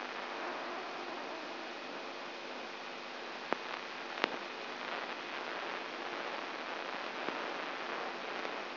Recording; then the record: brain microelectrode recording played as sound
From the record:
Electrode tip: inside the subthalamic nucleus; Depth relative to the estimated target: 0 mm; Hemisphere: right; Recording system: AlphaMap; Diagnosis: Parkinson's disease